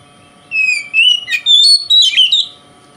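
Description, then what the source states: Oriental magpie-robin giving a quick run of clear whistled notes, some rising, some falling, mixed with short harsh chips, lasting about two seconds. Singing in the 'konslet' song style, said to affect other magpie-robins.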